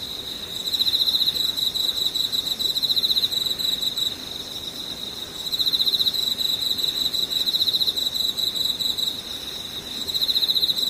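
An insect trills in fast, bright pulsing bursts of several seconds, pausing around 4 and 9 seconds, over a faint low background.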